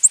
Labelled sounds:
Nashville Warbler flight call

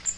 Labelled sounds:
Magnolia Warbler flight call

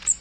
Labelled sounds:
Magnolia Warbler flight call

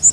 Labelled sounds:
Northern Waterthrush flight call

